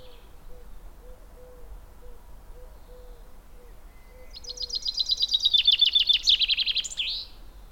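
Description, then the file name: Common chaffinch song begins after about four quiet seconds with faint low hums, then a rapid run of sharp notes closing with a brief flourish. "Fringilla coelebs"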